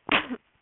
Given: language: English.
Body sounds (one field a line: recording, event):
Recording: throat vibration sensor signal played as sound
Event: cough